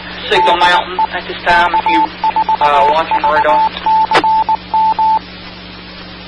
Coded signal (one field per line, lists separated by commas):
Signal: Morse code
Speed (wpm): 19 wpm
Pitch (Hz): 880 Hz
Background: speech, radio noise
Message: DE K4VCM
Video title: 2020-04-12 - K4VCM 146.7900 MHz Repeater